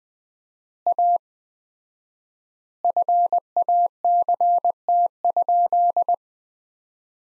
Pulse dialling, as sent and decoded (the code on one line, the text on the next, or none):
none